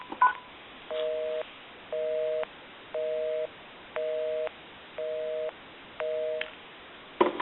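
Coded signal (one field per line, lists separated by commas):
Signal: telephone call progress tone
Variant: North America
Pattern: busy tone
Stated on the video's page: Heard on a General Electric 25881EC A telephone during initial checkout and repair.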